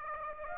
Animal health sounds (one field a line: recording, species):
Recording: mosquito wingbeat signal from an infrared sensor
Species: Aedes aegypti